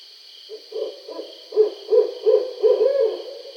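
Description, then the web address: Barred owl hoots building in volume, several quick rounded notes followed by a trailing drawn-out hoot; steady hiss behind. Recorded 20 July 2012. "Barred Owl 2012 07 20 Barred Owl 01"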